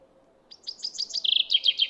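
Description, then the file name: Common chaffinch song, a fast run of descending chips dropping into a lower trill, cut short before the usual closing flourish; faint low hum beneath. "Fringilla coelebs"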